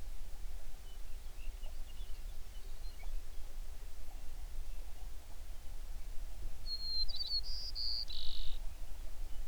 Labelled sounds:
songbird
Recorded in the Prudhoe Bay oil fields, Alaska, on 11 June 2019 at 05:10
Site 21

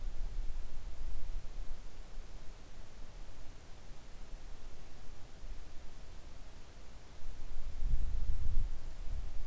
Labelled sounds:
wind
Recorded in the Arctic National Wildlife Refuge, Alaska, on 3 August 2019 at 10:40
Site 41

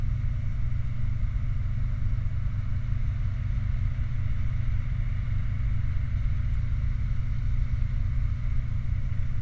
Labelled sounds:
machinery
flare stack
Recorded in the Prudhoe Bay oil fields, Alaska, on 29 July 2019 at 00:30
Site 29

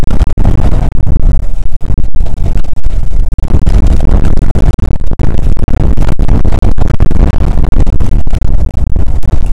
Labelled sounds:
wind
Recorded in the Prudhoe Bay oil fields, Alaska, on 2 August 2019 at 01:32
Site 29

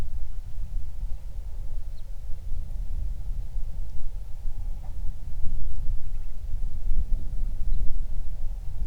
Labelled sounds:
bird
wind
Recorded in the Prudhoe Bay oil fields, Alaska, on 31 July 2019 at 07:49
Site 24

